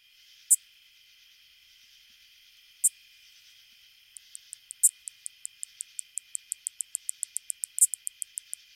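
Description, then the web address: Greater angle-wing katydid song: a few loud isolated ticks, then a steady series of short high clicks, over a constant faint hum. "The Songs of Insects. Greater Angle-wing Katydid"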